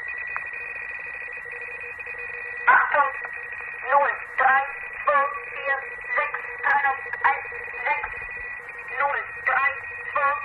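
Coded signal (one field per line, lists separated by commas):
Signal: numbers station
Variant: Gong Station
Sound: a voice reading short, evenly spaced words over a steady whine and radio hiss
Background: radio static, carrier whine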